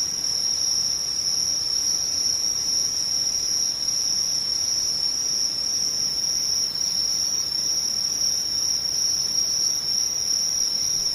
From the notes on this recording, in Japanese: ムシ